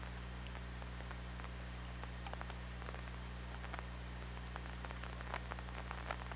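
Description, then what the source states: Killer whale clicks, faint sharp ticks that become more frequent after about two seconds, over a steady hum and hiss. OrcaLab hydrophone recording made 24 August 2017 at 23:57:20, just before midnight.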